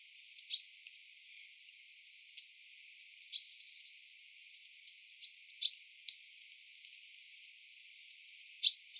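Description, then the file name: Common chaffinch giving short, sharp single call notes ending in a brief steady high tone, repeated every few seconds, with faint ticks between. "Fringilla coelebs"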